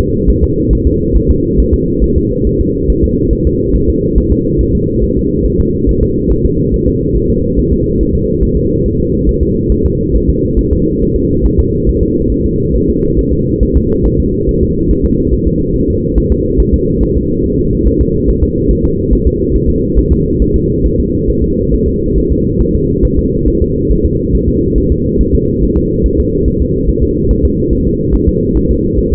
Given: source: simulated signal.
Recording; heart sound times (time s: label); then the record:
fetal heart sounds
0.01 s: S2
0.30 s: S1
0.44 s: S2
0.73 s: S1
0.87 s: S2
1.17 s: S1
1.31 s: S2
1.60 s: S1
1.74 s: S2
2.04 s: S1
2.18 s: S2
2.47 s: S1
2.61 s: S2
2.90 s: S1
3.04 s: S2
3.33 s: S1
3.47 s: S2
3.76 s: S1
3.90 s: S2
4.18 s: S1
4.32 s: S2
4.61 s: S1
4.75 s: S2
5.04 s: S1
5.17 s: S2
5.46 s: S1
5.60 s: S2
5.89 s: S1
6.03 s: S2
6.31 s: S1
6.45 s: S2
6.74 s: S1
6.88 s: S2
7.16 s: S1
7.30 s: S2
7.59 s: S1
7.73 s: S2
8.01 s: S1
8.15 s: S2
8.43 s: S1
8.57 s: S2
8.86 s: S1
9.00 s: S2
9.29 s: S1
9.43 s: S2
9.72 s: S1
9.86 s: S2
10.16 s: S1
10.30 s: S2
10.59 s: S1
10.73 s: S2
11.02 s: S1
11.16 s: S2
11.46 s: S1
11.59 s: S2
11.89 s: S1
12.03 s: S2
12.32 s: S1
12.46 s: S2
12.76 s: S1
12.90 s: S2
13.19 s: S1
13.33 s: S2
13.63 s: S1
13.77 s: S2
14.06 s: S1
14.20 s: S2
14.49 s: S1
14.63 s: S2
14.91 s: S1
15.05 s: S2
15.34 s: S1
15.48 s: S2
15.76 s: S1
15.90 s: S2
16.18 s: S1
16.32 s: S2
16.60 s: S1
16.74 s: S2
17.03 s: S1
17.17 s: S2
17.45 s: S1
17.59 s: S2
17.87 s: S1
18.01 s: S2
18.29 s: S1
18.43 s: S2
18.71 s: S1
18.85 s: S2
19.13 s: S1
19.27 s: S2
19.56 s: S1
19.70 s: S2
19.98 s: S1
20.12 s: S2
20.42 s: S1
20.56 s: S2
20.86 s: S1
21.00 s: S2
21.30 s: S1
21.44 s: S2
21.74 s: S1
21.88 s: S2
22.18 s: S1
22.32 s: S2
22.61 s: S1
22.75 s: S2
23.05 s: S1
23.19 s: S2
23.48 s: S1
23.62 s: S2
23.91 s: S1
24.05 s: S2
24.35 s: S1
24.49 s: S2
24.78 s: S1
24.92 s: S2
25.21 s: S1
25.35 s: S2
25.63 s: S1
25.77 s: S2
26.06 s: S1
26.20 s: S2
26.48 s: S1
26.62 s: S2
26.89 s: S1
27.03 s: S2
27.31 s: S1
27.45 s: S2
27.73 s: S1
27.87 s: S2
28.15 s: S1
28.29 s: S2
28.57 s: S1
28.71 s: S2
28.99 s: S1
29.13 s: S2
From the record:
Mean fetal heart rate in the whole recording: 140 bpm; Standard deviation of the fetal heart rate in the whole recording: 2 bpm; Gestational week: 34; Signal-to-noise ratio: -14.7 dB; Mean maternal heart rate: 72 bpm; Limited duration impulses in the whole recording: present